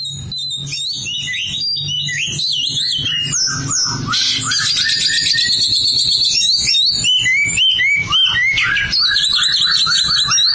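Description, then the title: Oriental magpie-robin, continuous varied song of slurred whistles, buzzy rattles and sharp chips in quick succession over a low background hum. "Suara Kicauan Burung Kacer"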